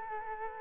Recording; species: mosquito wingbeat signal from an infrared sensor; Culex quinquefasciatus